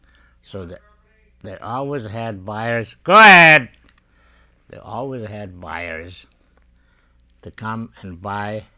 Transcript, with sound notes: so that they always had buyers... ( calling to someone off mike ) Go ahead! They always had buyers to come and buy